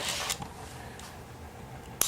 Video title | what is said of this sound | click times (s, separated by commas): VTX 1800 Fork Seals Part 3 NSR Tech | And you'll hear it snap in. That snapped in. | 2.0 s